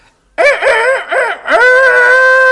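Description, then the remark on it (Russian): Entertainer Vladimir Vinokur imitates a rooster's crow: a loud, strained voice rising through a few choppy, wavering syllables, then holding one long, high, shrill note to the end. “Я с радостью бы хотела, чтобы мой любимый артист Владимир Винокур подделал свой голос под петуха.”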